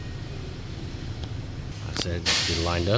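A small seat switch is lined up by hand against the plastic driver seat side trim panel of a 2022-2023 Toyota Tundra, ready to be pushed down into it. Someone talks over quiet handling noise. The switch has not snapped into the panel yet; nothing has seated or clicked.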